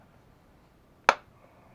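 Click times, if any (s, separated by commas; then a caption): 1.1 s. A GPS shield cover for a 3DR Solo Rev B drone is pressed down onto the drone's top shell after its clips are checked. It gives one sharp, loud snap at 1.1 s against a quiet background. The cover clicks into place and is seated.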